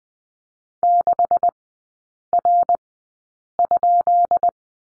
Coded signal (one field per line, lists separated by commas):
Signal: Morse code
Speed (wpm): 20 wpm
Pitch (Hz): 700 Hz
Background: none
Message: 6R?